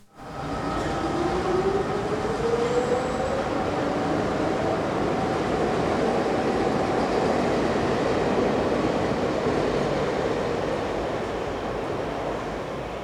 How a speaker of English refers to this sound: Number five is subway.